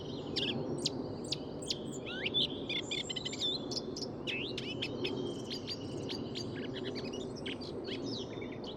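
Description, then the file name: Eurasian blackcap singing a busy, continuous warble of rapid varied notes, slurs and chips throughout, with steady low rumbling noise underneath. "Sylvia atricapilla"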